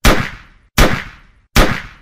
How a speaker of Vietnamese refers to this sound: Rồi người này bóp cò liên tục 3 phát, tiếng súng nổ lên 3 lần, vang vọng cả trời đất.